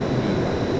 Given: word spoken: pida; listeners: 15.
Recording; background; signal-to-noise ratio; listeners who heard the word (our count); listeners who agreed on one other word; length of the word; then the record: one Spanish word in noise, from a listening test; speech-shaped noise; -5.7 dB; 0 of 15; 6 of 15; 0.40 s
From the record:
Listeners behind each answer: 6, 1, 1, 1, 1, 1, 1, 1, 1, 1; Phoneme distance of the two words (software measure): 10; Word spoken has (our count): 2 syllables, 4 phonemes, stress on syllable 1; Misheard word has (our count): 2 syllables, 4 phonemes, stress on syllable 1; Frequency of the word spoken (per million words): 5.63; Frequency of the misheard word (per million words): 809.46